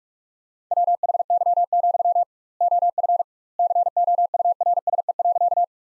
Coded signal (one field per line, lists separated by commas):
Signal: Morse code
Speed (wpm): 43 wpm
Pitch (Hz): 700 Hz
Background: none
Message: WHY, OF COURSE.